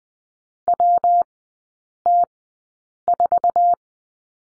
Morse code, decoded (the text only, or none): WT4